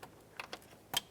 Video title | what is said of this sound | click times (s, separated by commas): How to Replace Radiator 2007-2012 Nissan Sentra | listen for a click give it a tug | 1.0 s